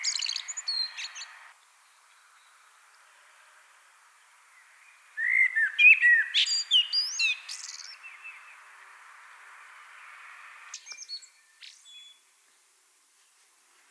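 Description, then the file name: Common blackbird song: three phrases separated by a few seconds of near silence, the middle one a fluty warble mixed with high squeaky notes. "Turdus merula"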